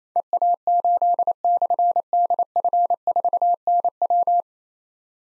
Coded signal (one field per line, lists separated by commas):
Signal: Morse code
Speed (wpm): 28 wpm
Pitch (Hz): 700 Hz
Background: none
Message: EA8/DF4NW